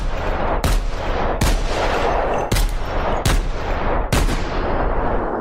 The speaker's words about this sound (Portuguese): Para minha sorte, ele atirou várias vezes e errou todas.